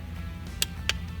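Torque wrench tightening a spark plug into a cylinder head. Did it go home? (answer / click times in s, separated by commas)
yes / 0.6 s, 0.9 s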